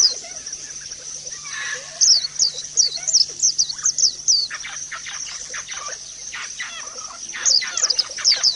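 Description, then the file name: White-eye song: rapid, very high twittering bursts of thin descending notes, with softer lower chirps and steady high hiss behind. Audio therapy recording of white-eye song intended for caged birds. "audio-terapi-pleci-5-omkicau"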